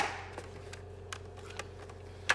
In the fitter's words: Should have some kind of audible click in there. Very nice.